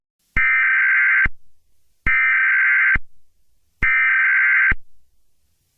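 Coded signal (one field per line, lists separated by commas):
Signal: Emergency Alert System (SAME) tones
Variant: header bursts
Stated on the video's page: Fictional EAS scenario.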